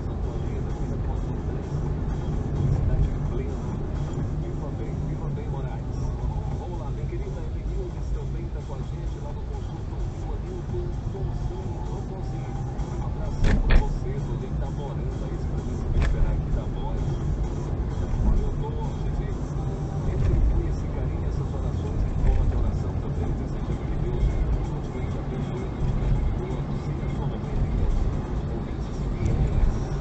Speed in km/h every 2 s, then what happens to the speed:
44, 41, 27, 23, 26, 32, 36, 42, 43, 44, 46, 49, 51, 53, 55.
0-7 slows to 23. 7-30 speeds up to 55.